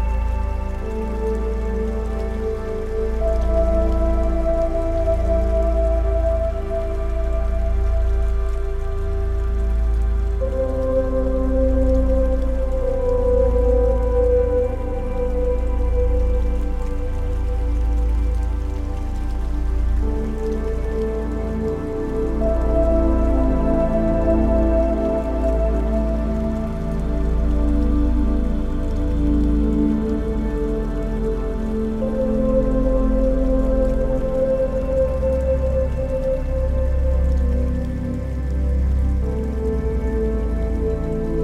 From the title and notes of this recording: Enjoy 10 minutes of relaxing music mixed with ocean wave sounds.